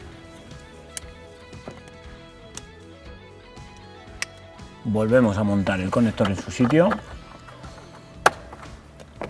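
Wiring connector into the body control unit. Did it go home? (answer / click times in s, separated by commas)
yes / 8.3 s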